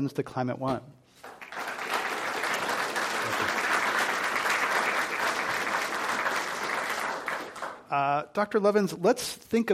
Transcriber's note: applause